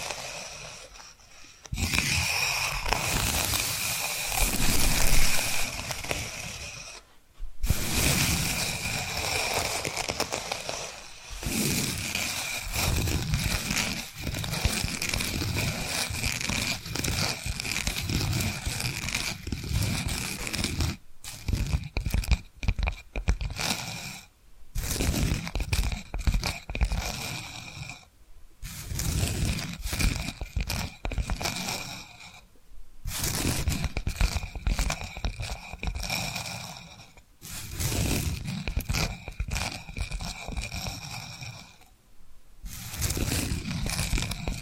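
Tapping and scratching sounds come in dense bursts of crunchy, crinkly scraping, broken by brief silences every few seconds. The texture is bright and gritty, with a thin steady tone running through much of it and faint murmuring beneath.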